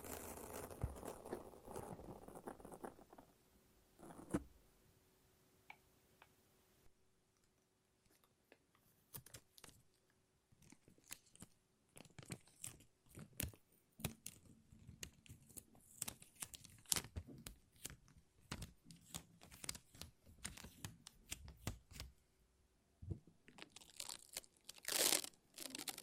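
Sticky lint roller and tape sounds: a dense burst of rough peeling and crinkling opens the first few seconds, then many short, sharp ripping snaps follow irregularly. A faint steady low hum runs underneath, and a loud tearing burst lands near the end.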